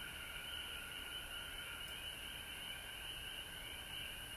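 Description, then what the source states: Many frogs trilling together in a continuous high-pitched chorus, even and unbroken. Recorded at home in Georgia on March 19, 2020.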